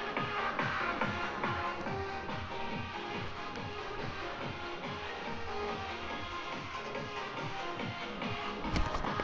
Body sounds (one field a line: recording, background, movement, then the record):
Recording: deep breathing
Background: music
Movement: walking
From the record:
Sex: female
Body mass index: 18.8 kg/m2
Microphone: on the chest, facing outward